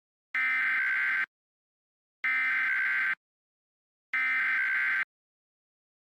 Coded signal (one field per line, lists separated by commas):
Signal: Emergency Alert System (SAME) tones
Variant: header bursts